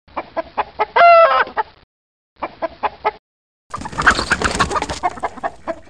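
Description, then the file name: Chicken clucking in short harmonic bursts, a loud drawn-out squawk near one second, then more clucks after a pause and a noisier burst of calling at the end. "galinha"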